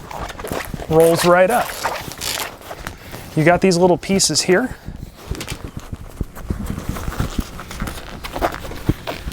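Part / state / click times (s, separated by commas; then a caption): retainer clip holding the rolled-up side of a fabric truck bed topper / not seated / none. Someone talks while handling the small retainer clips that hold the rolled-up side of a Bestop Supertop 2 removable fabric truck bed topper, with short sharp handling knocks and taps around the speech. Nothing has seated or clicked yet.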